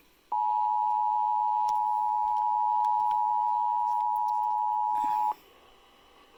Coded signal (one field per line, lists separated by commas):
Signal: Emergency Alert System (SAME) tones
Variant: 853 and 960 Hz attention tone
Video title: EAS 1057 FL RMT